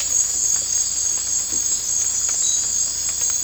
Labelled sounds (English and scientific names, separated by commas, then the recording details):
none
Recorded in dense forest near Puerto Asís, Putumayo, Colombia, on 18 December 2024 at 01:00
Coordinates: 0.466, -76.327
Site G075